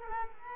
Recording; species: mosquito wingbeat signal from an infrared sensor; Culex quinquefasciatus